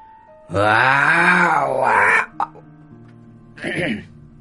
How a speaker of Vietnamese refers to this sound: Một tiếng rít gào thô bạo điên cuồng phát ra từ trong miệng của Viễn Cổ Long Viên.